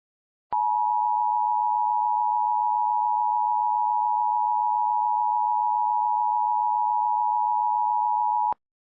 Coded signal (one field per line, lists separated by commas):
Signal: Emergency Alert System (SAME) tones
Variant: 853 and 960 Hz attention tone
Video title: Keon.exe 6 - EAS Scenario